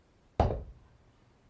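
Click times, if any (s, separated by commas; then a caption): 0.4 s. An additional support bearing is knocked home into the half-axle housing of an SF-200 after its seat was dressed with sandpaper. A single sharp, full-range knock lands at 0.4 s and rings down over about a third of a second before low quiet returns. The bearing seats in place at 0.4 s.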